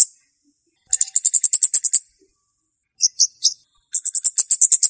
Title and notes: Kicau Pancing Burung Kemade ( Cabe Cabean) 5. Suara Burung Cabe Cabean Pikat